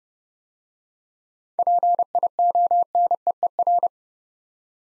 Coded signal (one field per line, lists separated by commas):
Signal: Morse code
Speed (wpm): 29 wpm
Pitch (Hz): 700 Hz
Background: none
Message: PIONEER